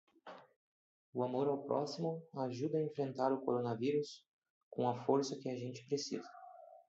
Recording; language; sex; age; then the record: spoken sentence; Brazilian Portuguese; male; 30 to 39 years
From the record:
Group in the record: control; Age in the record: 39 years